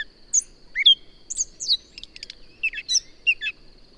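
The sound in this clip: Bird calls: a handful of clear, sweet whistled chirps and a short buzzy rattle, spaced irregularly, over a faint steady high tone.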